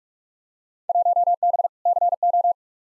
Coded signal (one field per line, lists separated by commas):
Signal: Morse code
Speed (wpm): 42 wpm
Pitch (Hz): 700 Hz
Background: none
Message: 1B CO